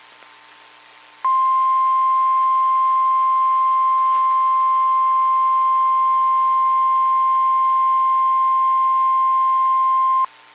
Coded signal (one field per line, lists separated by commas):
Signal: Emergency Alert System (SAME) tones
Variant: 1050 Hz attention tone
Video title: EAS 1777-1782 (5/3/22)